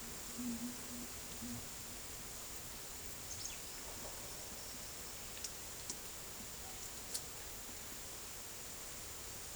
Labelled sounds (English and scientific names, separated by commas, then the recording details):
none
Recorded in secondary vegetation near Puerto Asís, Putumayo, Colombia, on 22 December 2024 at 12:00
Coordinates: 0.468, -76.324
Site G095